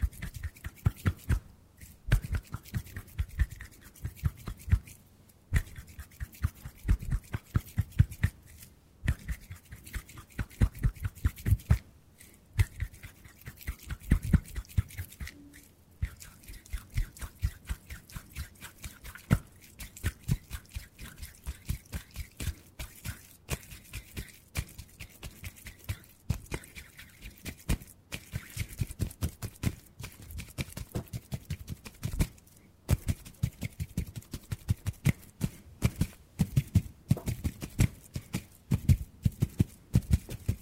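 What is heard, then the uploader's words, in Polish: ASMR hand sounds: rapid, dense scratching and tapping that runs almost without pause for the whole clip. The quick clicks and rustles come in uneven bursts, with brief silent breaks every few seconds, especially in the first fifteen seconds. ASMR DŹWIĘKI DŁONI 40 MINUT! 50+ DŹWIĘKÓW.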